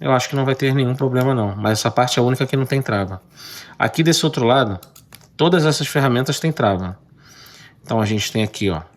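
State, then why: Not seated. Someone talks while handling a Rocktol Gen R Lite multitool with a VG-10 blade, with faint handling noises in the pauses. The metal micro Phillips screwdriver bit has not yet swung out and locked open, so nothing has clicked or seated yet.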